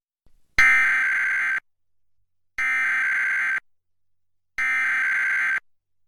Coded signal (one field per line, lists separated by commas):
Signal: Emergency Alert System (SAME) tones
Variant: header bursts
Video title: EAS #459-460: 2 EAS Required Monthly Tests- Feb. 5, 2021- 12:15AM PST